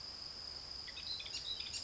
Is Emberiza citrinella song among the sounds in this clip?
no